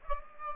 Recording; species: mosquito wingbeat signal from an infrared sensor; Aedes aegypti